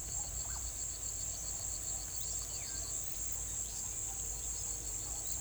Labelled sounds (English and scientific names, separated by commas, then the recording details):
none
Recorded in pastures near Puerto Asís, Putumayo, Colombia, on 22 December 2024 at 16:00
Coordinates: 0.487, -76.322
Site GP09